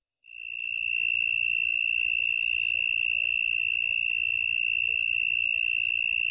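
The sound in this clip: Cricket trilling: a high, pure-toned trill that starts abruptly and holds steady throughout, with a faint low rumble underneath.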